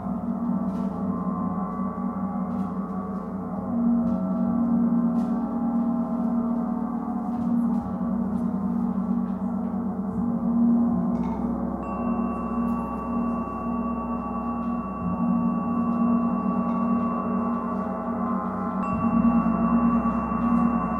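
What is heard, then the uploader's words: A gong meditation in full swell: a thick, steady roar of low humming tones with a pure high ring that enters midway and holds. One Hour Gong Meditation.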